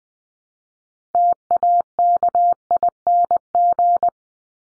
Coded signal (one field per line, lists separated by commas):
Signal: Morse code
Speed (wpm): 20 wpm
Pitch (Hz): 700 Hz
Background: none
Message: TAKING